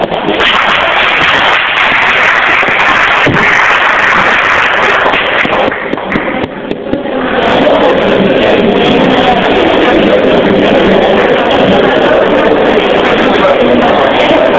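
An audience at a Catholic formation course for university students applauds a lecturer introduced for a talk on thought manipulation and Antonio Gramsci, with steady, dense clapping, many hands blending into a loud continuous patter that briefly thins midway before picking back up and carrying on.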